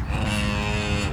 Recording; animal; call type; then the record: contact call of a hoofed animal; cattle; low-frequency (closed-mouth) or high-frequency (open-mouth) call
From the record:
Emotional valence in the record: negative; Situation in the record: full separation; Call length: 1.13 s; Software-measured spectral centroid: 2790 Hz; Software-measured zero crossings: 2160 a second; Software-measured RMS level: -24 dBFS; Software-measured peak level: -12 dBFS